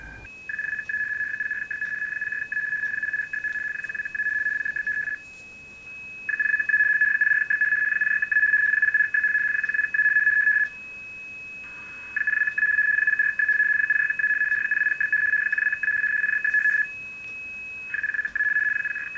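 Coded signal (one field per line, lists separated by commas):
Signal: RTTY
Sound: rapid warbling two-tone chatter in bursts of about four to five seconds, brief pauses between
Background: steady whistle, radio static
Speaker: Channel availability and receipt broadcast CB that's what this carb thing is I'm receiving it at the moment it's rtt y you know radio tety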